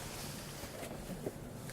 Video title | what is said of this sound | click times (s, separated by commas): Mercedes Benz C63 Blackvue Installation | with a trim tool that little click | 1.7 s